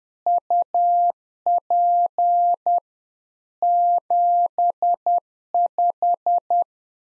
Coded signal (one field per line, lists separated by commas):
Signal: Morse code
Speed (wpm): 10 wpm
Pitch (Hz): 700 Hz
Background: none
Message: UP 75